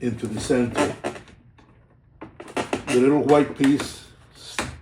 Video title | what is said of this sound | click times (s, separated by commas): Cayenn door panel installation Large 540p | you slide it back, let it come forward, and it also clicks. | 4.6 s